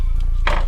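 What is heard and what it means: A torque wrench tightens a spark plug into the cylinder head to its specified torque. The wrench gives one sharp click at 0.5 s over a steady low hum, with a fainter tap at 0.2 s. The plug is confirmed tightened to specification.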